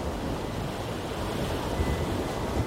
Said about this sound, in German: Jenseits der Meerenge liegt der in der sanften Junibrise angenehm wogende Atlantik.